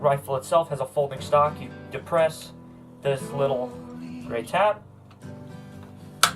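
Someone talks while pressing the small grey tab on the folding stock of an Ares MSR 338 airsoft rifle fitted with a Novritsch upgrade kit, then folds the stock toward the receiver hinge. A sharp, loud click at 6.2 s marks the stock locking into its folded storage position.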